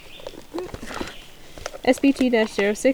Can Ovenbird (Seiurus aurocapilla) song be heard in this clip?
no